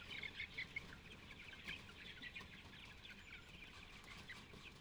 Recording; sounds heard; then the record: poultry house recording; healthy chickens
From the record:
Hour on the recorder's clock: 9